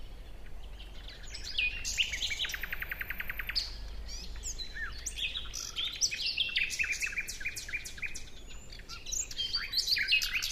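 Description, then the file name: Common nightingale song of quick rattling note series and varied chirps, fairly dense, with a steady low rumble underneath. "Luscinia megarhynchos"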